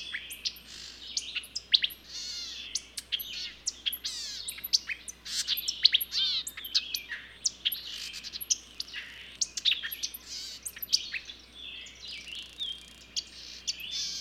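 Dense chorus of songbirds with continuous high chirping, rapid trills and quick downslurred whistles overlapping throughout, no pauses.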